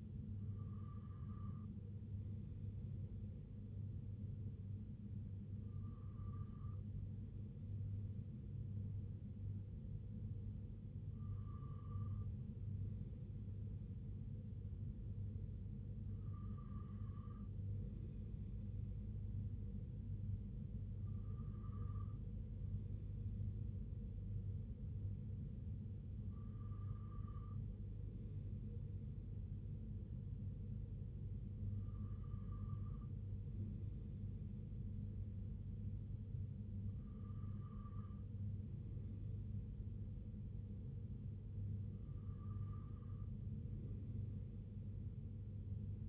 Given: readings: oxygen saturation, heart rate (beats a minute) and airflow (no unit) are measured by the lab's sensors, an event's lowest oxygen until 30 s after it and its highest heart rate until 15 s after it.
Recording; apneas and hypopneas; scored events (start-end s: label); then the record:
breathing in sleep by a smartphone at the bedside; none
none scored
From the record:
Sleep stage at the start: N2 (light sleep); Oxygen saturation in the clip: 95%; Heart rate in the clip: 57 to 68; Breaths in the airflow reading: 9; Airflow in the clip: -3.7 to 2.2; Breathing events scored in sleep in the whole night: 258 in 7.4 hours asleep